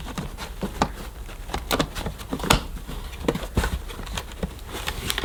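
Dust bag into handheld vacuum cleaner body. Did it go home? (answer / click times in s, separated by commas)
no / none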